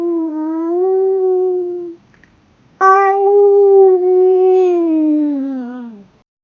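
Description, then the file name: Cat meows, two long drawn-out wails, steady then sliding lower at the end, separated by a short pause. Generated sound. "sound of cat"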